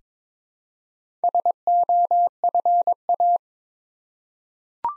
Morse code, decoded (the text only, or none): SOFA